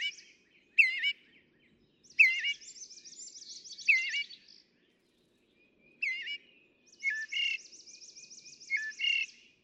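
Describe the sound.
Northern mockingbird song of varied phrases: whistled slurred notes alternating with long, fast, wavering high trills, with short pauses between bursts.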